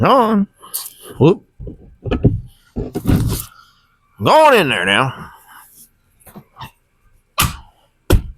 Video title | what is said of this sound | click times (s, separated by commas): Cheap Amazon Massaging Recliner? Assembled and tried out! | Clicks right in. | 8.1 s